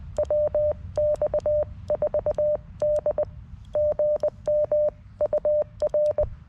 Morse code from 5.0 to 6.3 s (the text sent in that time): UR